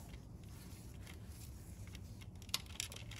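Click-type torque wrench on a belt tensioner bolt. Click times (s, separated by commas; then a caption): 2.5 s. A click-type torque wrench with a 12 mm socket tightens a bolt on the drive belt tensioner of a 2014 Toyota Tundra 5.7L V8 iForce to the same foot-pound setting, as part of a tensioner replacement to fix a squealing noise. Over a steady low background, a sharp click sounds at 2.5 s, followed by a few fainter ticks. The wrench is confirmed to click at its set torque.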